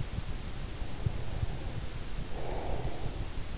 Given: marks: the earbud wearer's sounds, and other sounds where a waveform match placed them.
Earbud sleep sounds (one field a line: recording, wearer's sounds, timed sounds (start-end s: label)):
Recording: sounds in sleep by an in-ear microphone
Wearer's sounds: breath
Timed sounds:
0.99-3.41 s: breath